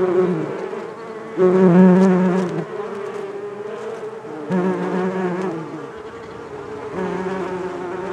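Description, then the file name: Bees buzzing, a deep hum swelling as single bees pass around two and five seconds, then fading and rising again toward the end. "benboncan bees"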